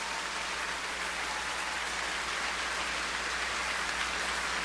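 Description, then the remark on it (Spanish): An audience applauds the Lord during a church service, producing a dense, steady wash of clapping that holds at an even, fairly loud level throughout, with no voices heard over it. “Aplauso para el Señor que nos da la victoria.”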